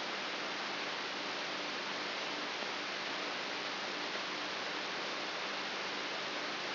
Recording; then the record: brain microelectrode recording played as sound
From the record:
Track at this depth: inside the subthalamic nucleus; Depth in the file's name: 3.44 mm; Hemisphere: right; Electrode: 3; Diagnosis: Parkinson's disease